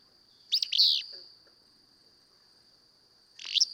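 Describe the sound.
Willow flycatcher song: a sharp, sneezy high burst near the start and another near the end, over a steady high-pitched whine.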